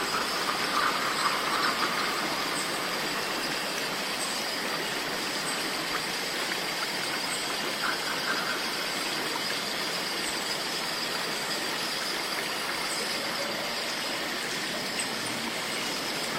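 Cicadas in a rainforest keep up a dense, unbroken hiss with bright, shrill bands on top, holding an even level throughout.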